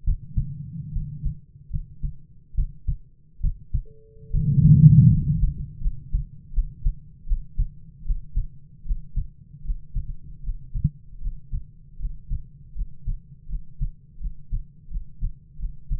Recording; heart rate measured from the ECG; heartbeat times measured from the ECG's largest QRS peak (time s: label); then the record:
heart sounds by stethoscope; 77 bpm
0.04 s: heartbeat
0.92 s: heartbeat
1.69 s: heartbeat
2.54 s: heartbeat
3.40 s: heartbeat
4.30 s: heartbeat
5.08 s: heartbeat
5.79 s: heartbeat
6.52 s: heartbeat
7.25 s: heartbeat
8.04 s: heartbeat
8.84 s: heartbeat
9.63 s: heartbeat
10.41 s: heartbeat
11.19 s: heartbeat
11.97 s: heartbeat
12.73 s: heartbeat
13.47 s: heartbeat
14.18 s: heartbeat
14.88 s: heartbeat
15.57 s: heartbeat
From the record:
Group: healthy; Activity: rest 0-6 s, Valsalva maneuver 6-16 s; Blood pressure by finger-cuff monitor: 94/55 mmHg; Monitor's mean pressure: 64 mmHg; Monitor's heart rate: 76 bpm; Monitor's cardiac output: 8 L/min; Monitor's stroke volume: 105 mL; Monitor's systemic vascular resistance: 570 dyn s/cm5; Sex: male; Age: 22 years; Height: 185 cm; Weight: 112.4 kg